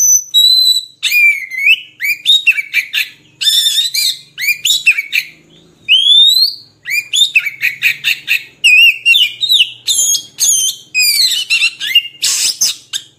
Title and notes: Kacer Jadi Gacor Siang Malam. Isian Kacer Durasi Panjang